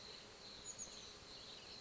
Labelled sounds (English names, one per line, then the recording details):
Chestnut-backed Chickadee
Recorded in Sonoma County, California